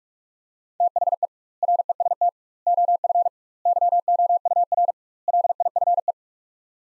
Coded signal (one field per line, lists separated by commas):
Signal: Morse code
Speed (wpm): 47 wpm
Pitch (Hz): 700 Hz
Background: none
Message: THE REST OF YOUR LIFE